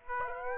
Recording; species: mosquito wingbeat signal from an infrared sensor; Aedes aegypti